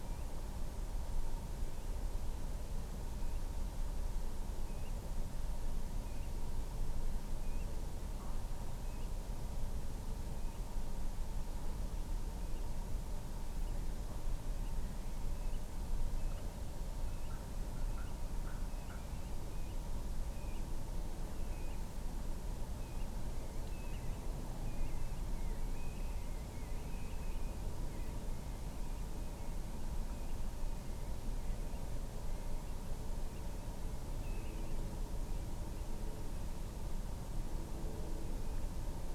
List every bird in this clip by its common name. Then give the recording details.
Common Ringed Plover. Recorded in France